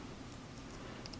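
An accessory part is being fitted by hand onto a die-cast/plastic Super Robot Chogokin Anti Gurren Lagann robot action figure, with two faint, brief ticks of handling near 1.1 s over a low steady background hum. Nothing has seated or clicked into place yet.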